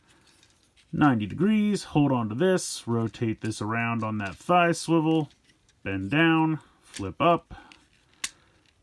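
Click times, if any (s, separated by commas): 8.2 s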